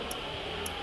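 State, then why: Torque reached. The ratchet knob at the end of a micrometer screw gauge is turned until it slips, giving two short, sharp clicks at 0.1 s and 0.7 s over a steady background hiss. The clicks show that the spindle has closed on the measured object at the set measuring pressure.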